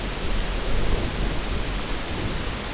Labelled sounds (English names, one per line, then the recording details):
none
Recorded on Arctic tundra, site UTQI-0, on 14 June 2019
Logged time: 16:00